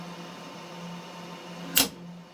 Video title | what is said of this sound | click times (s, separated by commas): How to Troubleshoot Common Issues with Sliger’s General Devices C300S Friction Rack Slides | And then once you push it in far enough where you hear that click, you're safe. | 1.8 s